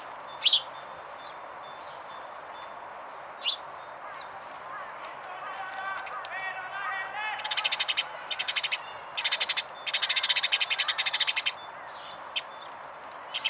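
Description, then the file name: House sparrow with a few isolated chirps, then dense bursts of fast, dry rattling chatter, ending with single chirps. "Passer domesticus"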